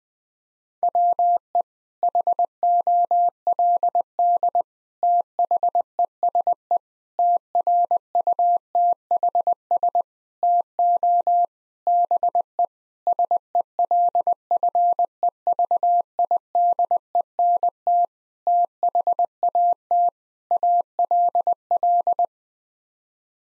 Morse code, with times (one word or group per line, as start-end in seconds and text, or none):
0.8-1.6 WE
2.0-4.6 HOLD
5.0-6.8 THESE
7.2-10.0 TRUTHS
10.4-11.5 TO
11.9-12.7 BE
13.1-18.1 SELFEVIDENT
18.5-20.1 THAT
20.5-22.3 ALL